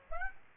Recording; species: mosquito wingbeat signal from an infrared sensor; Aedes aegypti